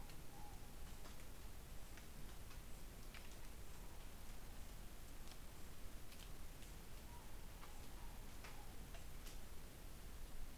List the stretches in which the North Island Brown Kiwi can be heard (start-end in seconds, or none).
none